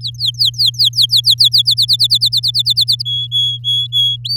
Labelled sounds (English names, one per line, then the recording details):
Domestic Canary song
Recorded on 8 May 2018 at 12:47
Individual llb16